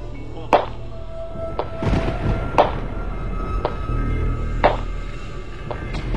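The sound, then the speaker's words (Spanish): Soft knocking on the door of a room at midnight: about six dull, muted taps spaced unevenly over a few seconds, with a low steady hum underneath and no voices. “cabeceando, casi dormido, oyóse de súbito un golpe leve, como si suavemente tocaran a la puerta de su cuarto.”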